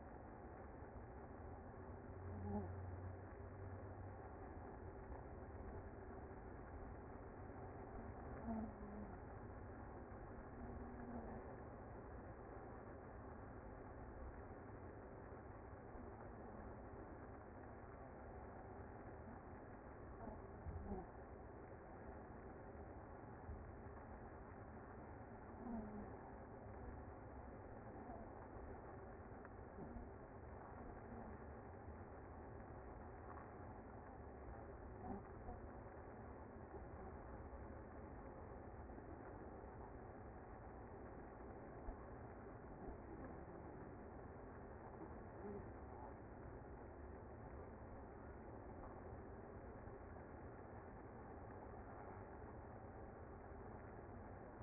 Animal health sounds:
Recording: honeybee colony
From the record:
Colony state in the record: active

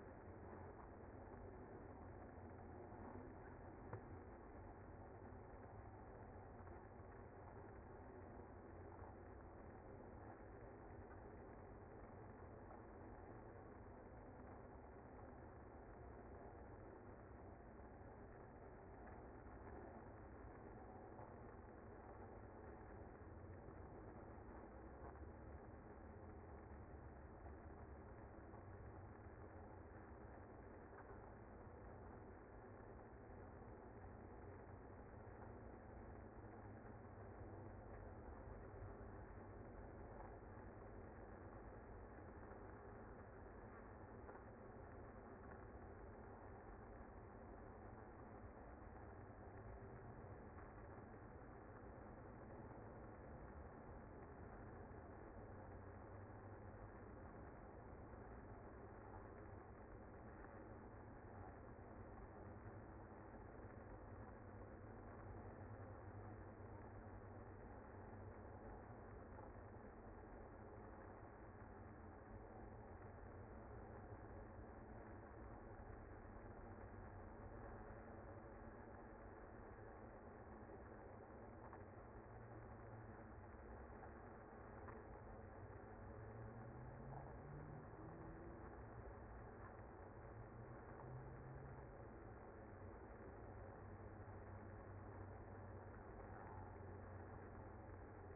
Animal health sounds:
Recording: honeybee colony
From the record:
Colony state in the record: active

